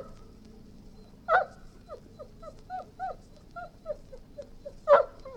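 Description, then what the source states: Golden retriever whining in a string of short, high, wavering whimpers, broken by two abrupt barks near the start and end. Dog barking and whining.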